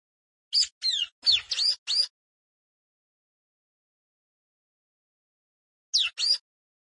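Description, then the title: Plain prinia song: a quick burst of five high, buzzy rising chirps, a pause of about four seconds, then two more similar chirps. "Ciblek Sawah"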